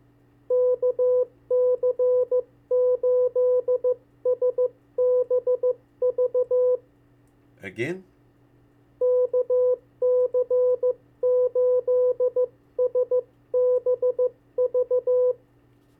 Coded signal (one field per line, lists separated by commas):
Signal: Morse code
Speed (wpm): 15 wpm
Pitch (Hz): 500 Hz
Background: speech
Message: KC8SBV KC8SBV